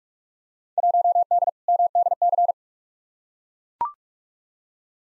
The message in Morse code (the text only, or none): 1D MDC